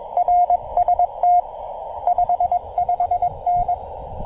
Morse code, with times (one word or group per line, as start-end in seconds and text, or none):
0.2-1.4 RST
2.1-3.7 55N